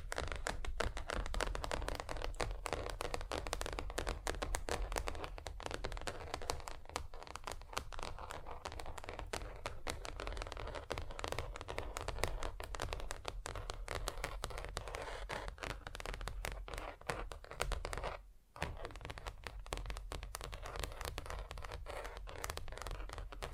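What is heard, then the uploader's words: Tapping on different surfaces runs almost without a break: quick, dense taps and scratchy, crinkly touches spread across low and bright tones. The pace is fast and irregular with a steady overall level, and a brief pause comes around eighteen seconds before the tapping resumes. ASMR Just Tapping (Different Surfaces No Talking).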